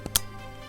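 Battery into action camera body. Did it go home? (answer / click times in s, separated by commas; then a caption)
yes / 0.2 s. A battery, or its latching door, for an Insta360 X3 360 camera is pushed into the camera body. A faint tick at 0.06 s is followed by a sharp, bright click at 0.2 s, then only a low steady hum. The battery locks in with a satisfying click that shows it is seated.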